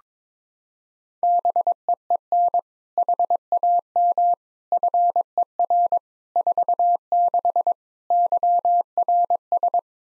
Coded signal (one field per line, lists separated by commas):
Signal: Morse code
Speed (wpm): 22 wpm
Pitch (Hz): 700 Hz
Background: none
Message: BEEN HAM FER 46 YRS